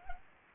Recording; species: mosquito wingbeat signal from an infrared sensor; Anopheles arabiensis